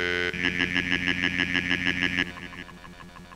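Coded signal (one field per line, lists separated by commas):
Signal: none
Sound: synthesizer notes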